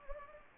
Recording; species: mosquito wingbeat signal from an infrared sensor; Anopheles gambiae